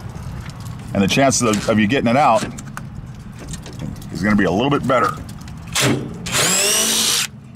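A power drill/driver is run on a rusted metal screw holding the cooling unit in a Dometic RV fridge, with someone talking between bursts, then a brief drill whir near 5.8 s and a longer high-pitched whine from about 6.3 to 7.2 s. The driver slips and the screw head strips out because of the rust, so it will have to be drilled out; nothing has seated or clicked.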